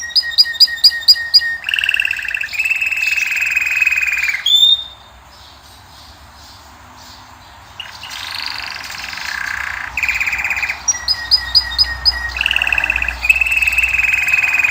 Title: Esquente Seu Filhote E Canario Belga. Macho Cantando Muito. canary singing. canary training song